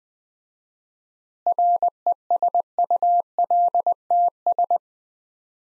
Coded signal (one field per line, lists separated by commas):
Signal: Morse code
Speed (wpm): 20 wpm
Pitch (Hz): 700 Hz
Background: none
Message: RESULTS